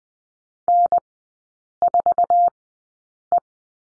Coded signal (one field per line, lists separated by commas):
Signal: Morse code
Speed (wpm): 20 wpm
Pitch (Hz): 700 Hz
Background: none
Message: N4E